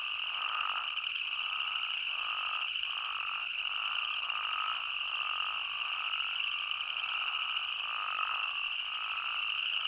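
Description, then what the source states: Spadefoot toads calling in a chorus, repeated notes over a continuous high background hum. Recorded 20 May 2015.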